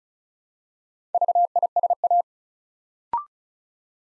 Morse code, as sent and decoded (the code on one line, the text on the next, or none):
...- .. ... .-
VISA